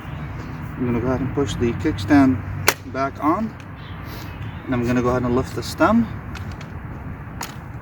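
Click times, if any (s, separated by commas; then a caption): 7.4 s. Someone talks while the folded handlebar stem of a Jetson Haze e-bike is lifted upright after the kickstand is pushed back. A sharp hit at 6.4 s may come from lifting the stem, and the stem's quick-release latch clicks locked at 7.4 s, seating the stem.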